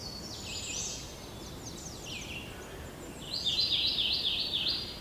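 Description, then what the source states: Kentucky Warbler song: a louder run of quickly repeated rolling phrases in the second half, after fainter high bird sounds. Recorded at Nassawango.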